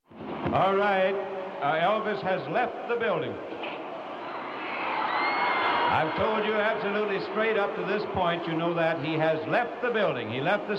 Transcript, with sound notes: All right, Elvis has left the building.
(SCREAMING)
I've told you absolutely straight up to this point. You know that. He has left the building.